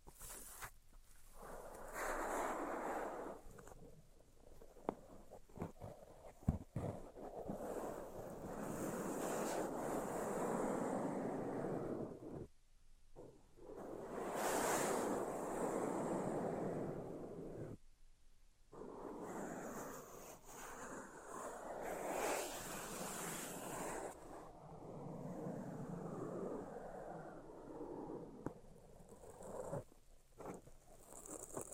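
Tapping, scratching and tracing sounds come in long rustling swells, with sharp taps around six seconds and brief silent gaps near thirteen and eighteen.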